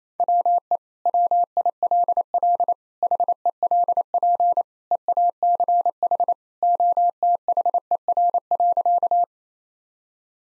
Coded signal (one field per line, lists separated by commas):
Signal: Morse code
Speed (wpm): 28 wpm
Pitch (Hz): 700 Hz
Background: none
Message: WE WILL HELP EACH OTHER.